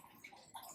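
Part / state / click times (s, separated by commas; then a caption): gearbox component into scale model gearbox housing / not seated / none. A gearbox component is being pushed into the gearbox housing of a scale model Defender build, with quiet handling noise, a brief sharp tick at 0.3 s and a louder scraping rustle from about 0.55 s onward. The part has not seated or clicked into place yet.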